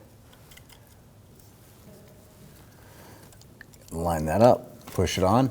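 A crankshaft position sensor for a 2009-2017 Volvo XC60 is handled and lined up with its wiring harness connector before being pushed on, with only small, faint handling ticks around 0.6 s and 3.4–3.9 s. Someone talks near the end of the clip. Nothing has seated or clicked yet.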